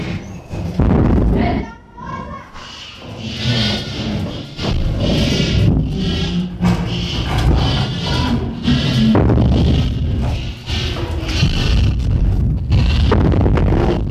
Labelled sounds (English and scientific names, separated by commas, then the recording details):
Chimpanzee (Pan troglodytes)
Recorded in captivity
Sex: diverse
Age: diverse
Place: Tierpark Berlin, Berlin, DE
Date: 1964-11-29 10:00
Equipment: Telefunken Magnetophon 300, Sennheiser MD 421, Transistorverstärker, Kopie Smaragd
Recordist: Tembrock, Günter